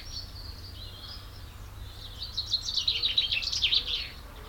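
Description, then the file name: Common chaffinch song: faint high twittering at first, then a louder rapid burst of sharp, tumbling notes over the last two seconds. "Fringilla coelebs"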